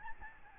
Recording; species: mosquito wingbeat signal from an infrared sensor; Aedes albopictus